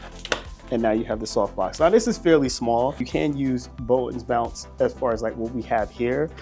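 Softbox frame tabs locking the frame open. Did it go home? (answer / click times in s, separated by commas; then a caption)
yes / 0.3 s. Two tabs are pushed on a small plastic softbox frame for a SIRUI C150X light, and the frame snaps locked open with a sharp click at 0.3 s. Afterward someone talks over background music, with the softbox frame now locked in place.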